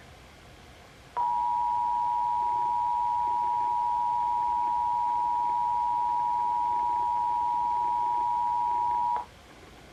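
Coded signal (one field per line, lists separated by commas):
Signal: Emergency Alert System (SAME) tones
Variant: 853 and 960 Hz attention tone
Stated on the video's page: Compilation of the 2021 National Periodic Test.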